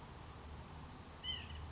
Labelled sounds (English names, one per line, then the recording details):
White-breasted Nuthatch
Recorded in Sonoma County, California